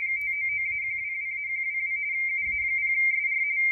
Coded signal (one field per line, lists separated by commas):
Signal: RTTY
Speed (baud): 45.45 baud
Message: 599-122-122 UA0SR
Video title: ICOM IC-705 - Select - RTTY - Menu - then Decode .